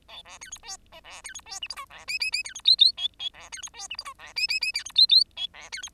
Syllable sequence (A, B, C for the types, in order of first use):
A B C D E F B C D E G H I B J J J C D K K L L B C D E G H I B J J J C D K K L B C D